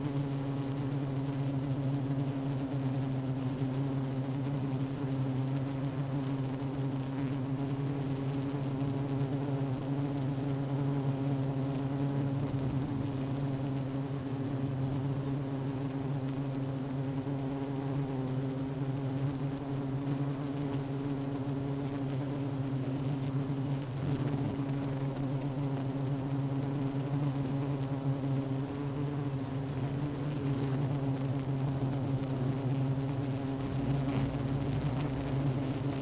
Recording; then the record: honeybee colony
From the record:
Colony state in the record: active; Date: 12 June 2018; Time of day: 10:00